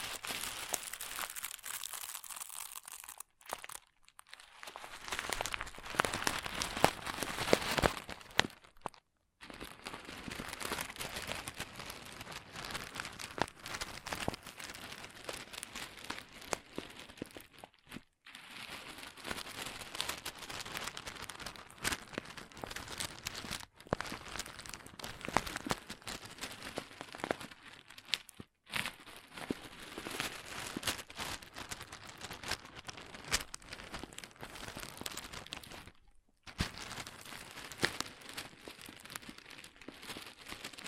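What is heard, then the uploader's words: Crunchy slime is squeezed and worked, giving a dense, continuous crackling and crinkling that is bright and grainy. The crunching comes in long stretches broken by brief silent pauses around 3, 9, 18, 24, 28 and 36 seconds, with loudness rising and falling between bursts. ASMR Satisfying Crunchy Slime (No Talking).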